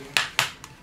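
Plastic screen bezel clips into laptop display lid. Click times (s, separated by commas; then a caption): 0.2 s, 0.4 s. The plastic screen bezel's bottom clips are pressed into the display lid of a Lenovo IdeaPad Z500 laptop, checking for no air gaps. Two sharp snaps are heard at 0.2 s and 0.4 s, followed by a fainter tick near 0.6 s. The clips seat in place.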